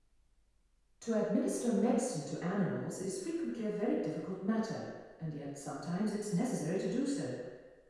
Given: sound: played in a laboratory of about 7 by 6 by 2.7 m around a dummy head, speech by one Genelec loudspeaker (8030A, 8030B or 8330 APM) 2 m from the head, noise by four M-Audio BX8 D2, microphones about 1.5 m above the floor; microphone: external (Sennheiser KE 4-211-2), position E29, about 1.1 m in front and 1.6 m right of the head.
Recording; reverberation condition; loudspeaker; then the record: female speech in English; high; 30 degrees to the left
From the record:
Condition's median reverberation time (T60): about 1300 ms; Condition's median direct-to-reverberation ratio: about -4.0 dB